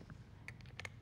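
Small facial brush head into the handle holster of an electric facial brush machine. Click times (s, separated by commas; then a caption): 0.5 s, 0.8 s. A damp small facial brush head is slotted into the handle holster of an electric facial brush machine. Soft ticks lead into a sharp click at 0.5 s and a second click at 0.8 s, with another tick right after, over a low background hum. The brush head is seated in the holster.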